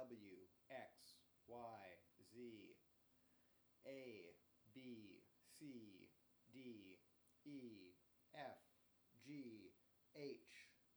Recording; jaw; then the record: letters of the alphabet, spoken; free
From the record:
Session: first day, before the bite bar